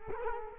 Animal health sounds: mosquito wingbeat signal from an infrared sensor; Culex quinquefasciatus

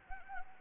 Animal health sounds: mosquito wingbeat signal from an infrared sensor; Anopheles arabiensis

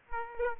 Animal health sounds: mosquito wingbeat signal from an infrared sensor; Aedes aegypti

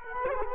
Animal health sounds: mosquito wingbeat signal from an infrared sensor; Culex quinquefasciatus

